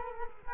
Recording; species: mosquito wingbeat signal from an infrared sensor; Culex quinquefasciatus